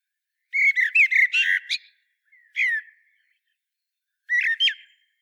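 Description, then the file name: Common blackbird song: a warbled fluty phrase followed by squeaky high twitter, then two shorter phrases after pauses. "Turdus merula"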